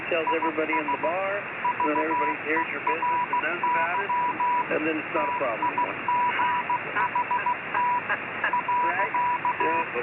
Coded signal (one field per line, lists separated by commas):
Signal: Morse code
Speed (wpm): 16 wpm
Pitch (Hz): 980 Hz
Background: speech, radio noise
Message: IS VERY TIGHT .